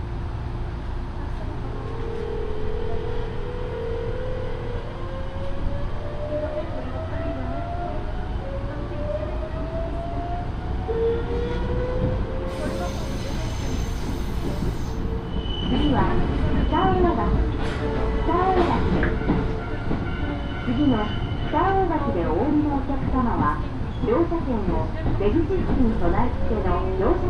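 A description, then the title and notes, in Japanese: A station transfer on a local railway, with a train's low rumble and a rising motor whine through the first half. Around the middle a high squeal or chime sounds briefly, then voices and an announcement take over over continued train noise. 養老鉄道 揖斐→大垣→養老。反対ホームの列車に乗り換えます。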